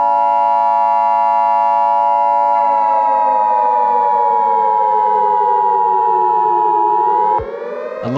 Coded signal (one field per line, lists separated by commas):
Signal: Emergency Alert System (SAME) tones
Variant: 853 and 960 Hz attention tone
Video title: EAS Scenario Cooke run: kingdom Dragon Massacre Part 2